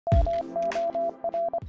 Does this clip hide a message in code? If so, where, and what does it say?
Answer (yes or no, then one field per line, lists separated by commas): no